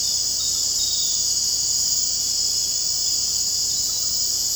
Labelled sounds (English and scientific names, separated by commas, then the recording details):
none
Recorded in secondary vegetation near Puerto Asís, Putumayo, Colombia, on 19 February 2024 at 00:30
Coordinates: 0.489, -76.322
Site G6419